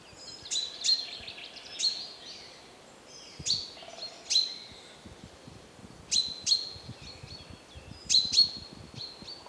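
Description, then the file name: Common chaffinch giving sharp, high call notes, singly, in pairs or in short clusters, with gaps of a second or more between them. "Fringilla coelebs"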